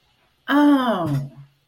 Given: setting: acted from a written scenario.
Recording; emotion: vocal sound without words; realization